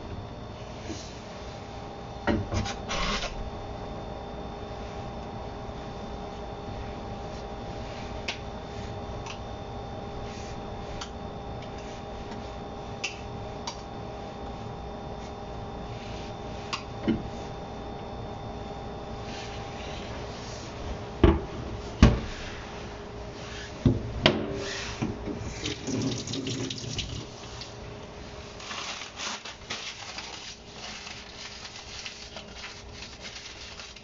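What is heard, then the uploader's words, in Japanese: Kelp being cut up on a board for simmering, heard as soft rubbing and scraping with scattered sharp knife taps, clustered around 21 to 26 seconds. A steady low hum and faint hiss run underneath. 昆布を刻む。昆布を佃煮にするために刻んでいる音。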